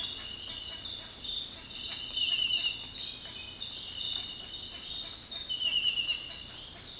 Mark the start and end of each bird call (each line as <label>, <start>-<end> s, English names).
Speckled Chachalaca, 0.00-6.99 s